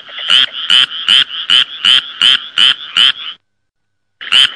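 Frog giving a run of evenly spaced raspy croaks, roughly two or three a second, then breaking off into silence before one more croak.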